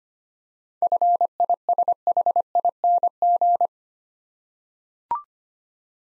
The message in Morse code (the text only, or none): FISHING